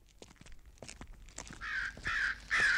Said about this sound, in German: Haben Sie das gehört, Mr. Cooper? Ja, Krähen, warum?